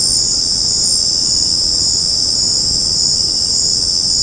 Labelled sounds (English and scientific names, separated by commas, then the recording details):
none
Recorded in secondary vegetation near Puerto Asís, Putumayo, Colombia, on 13 March 2025 at 19:30
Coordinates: 0.481, -76.318
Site G097